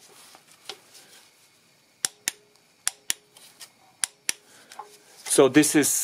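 A torque wrench set to 6 Nm with a 7 mm Allen bit tightens an injector clamp stud nut on the cylinder head of a 1.6 diesel engine. It gives sharp paired metallic clicks at 2.0, 2.3, 2.9, 3.1, 4.0 and 4.3 seconds, showing the setting is reached and the nut is already tight. Someone talks at the end.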